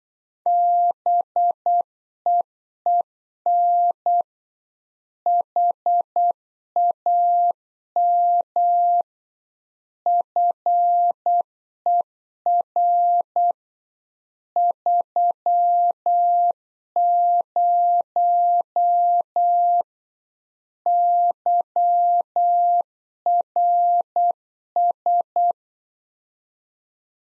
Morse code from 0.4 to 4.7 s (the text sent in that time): BEEN